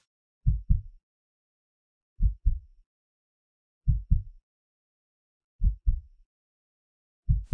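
Deep, dull paired thumps, a lub then a dub, repeat slowly and evenly about every 1.7 seconds, roughly 35 beats a minute, with silence between. This is a heartbeat sound effect.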